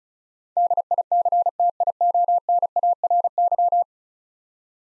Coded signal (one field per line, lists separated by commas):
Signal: Morse code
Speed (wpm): 36 wpm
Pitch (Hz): 700 Hz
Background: none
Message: DICTIONARY